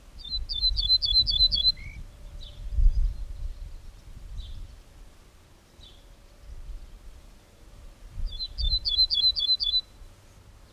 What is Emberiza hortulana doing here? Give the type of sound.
song